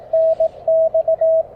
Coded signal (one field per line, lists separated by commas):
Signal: Morse code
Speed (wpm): 19 wpm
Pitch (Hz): 590 Hz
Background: none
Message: NX